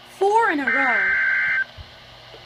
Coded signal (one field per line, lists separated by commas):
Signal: Emergency Alert System (SAME) tones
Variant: header bursts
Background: speech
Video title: 5 EAS Alerts in a row (4 severe thunderstorm warnings & 1 severe thunderstorm watch